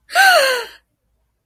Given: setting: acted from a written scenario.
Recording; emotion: vocal sound without words; positive surprise